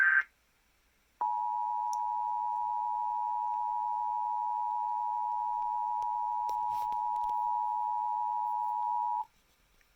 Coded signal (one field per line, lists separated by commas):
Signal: Emergency Alert System (SAME) tones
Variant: 853 and 960 Hz attention tone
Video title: EAS 1385 TOA #41